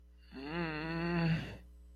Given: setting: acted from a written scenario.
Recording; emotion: vocal sound without words; guilt